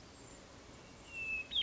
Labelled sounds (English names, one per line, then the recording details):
Hermit Thrush
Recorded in Sonoma County, California